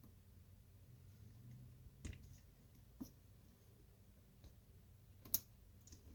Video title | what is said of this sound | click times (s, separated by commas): [Modified Casio] Going more retro on the Casio CA-53WF-3BCF | and you should hear a click. | 5.3 s